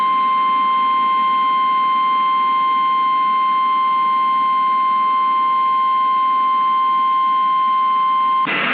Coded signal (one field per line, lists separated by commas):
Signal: Emergency Alert System (SAME) tones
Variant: 853 and 960 Hz attention tone